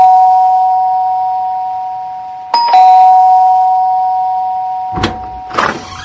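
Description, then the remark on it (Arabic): A doorbell chimes twice, each bright, ringing tone fading slowly, then two short, rough bursts of noise follow near the end. “فين الجرس؟ اهو.”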